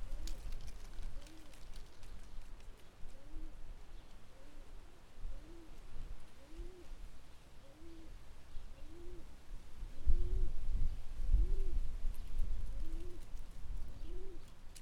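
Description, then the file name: Bird cooing in soft, low rounded notes, a long even series that grows slightly louder toward the end, with low background rumble and noise. Bird calls recorded in Mérida. "Merida Bird Calls"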